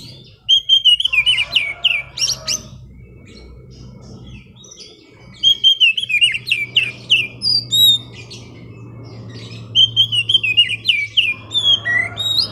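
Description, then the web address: Oriental magpie-robin singing varied whistled phrases in several bursts, some rising and falling, over a steady low hum. Master recording used as a lure to prompt a kacer that has stopped singing to sing again. "kacer pancingan macet bunyi. masteran kacer"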